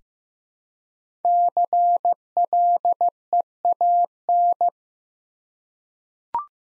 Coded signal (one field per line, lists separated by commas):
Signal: Morse code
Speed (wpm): 15 wpm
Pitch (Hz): 700 Hz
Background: none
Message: CLEAN